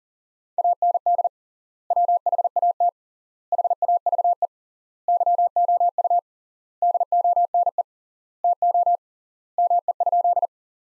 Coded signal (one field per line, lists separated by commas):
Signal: Morse code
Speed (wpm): 40 wpm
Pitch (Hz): 700 Hz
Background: none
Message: AND WHAT HAVE YOU DONE TO ME?